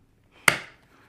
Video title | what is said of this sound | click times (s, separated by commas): A Powerful Robot Vacuum with 3,000 Pa that doesn't break the bank!!! 😃 Proscenic 850t Review 😂 | they just snap right in | 0.5 s